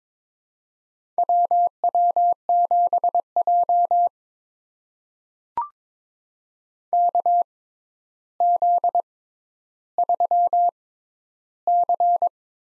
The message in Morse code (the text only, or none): WW7J KZ3C